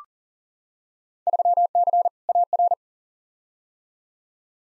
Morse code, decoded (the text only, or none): 3C AR